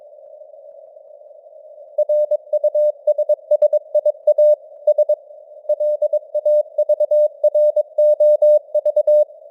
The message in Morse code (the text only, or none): RUSSIA S LAVROV